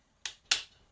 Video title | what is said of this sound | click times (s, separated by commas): wymiana dysku SSD i pamięci RAM w laptopie LENOVO Yoga 730-15IKB | przyciskamy usłyszymy kliknięcie jak sprawić | 0.3 s, 0.5 s